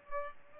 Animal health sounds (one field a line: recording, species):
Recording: mosquito wingbeat signal from an infrared sensor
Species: Culex pipiens